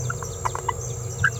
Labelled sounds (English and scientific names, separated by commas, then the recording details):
Green-rumped Parrotlet (Forpus passerinus) babbling
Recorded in a nest box in Venezuela
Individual 18B17A5